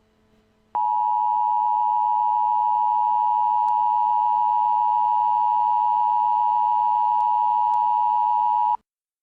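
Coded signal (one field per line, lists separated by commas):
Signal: Emergency Alert System (SAME) tones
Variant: 853 and 960 Hz attention tone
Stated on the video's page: Simulated EAS alert tones in a fictional scenario story.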